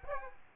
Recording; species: mosquito wingbeat signal from an infrared sensor; Aedes aegypti